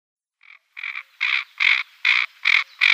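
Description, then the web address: Common pochard harsh rasping calls, a faint first note then six grating bursts in quick, steady succession. Females. "Schulze Peter Common Pochard females"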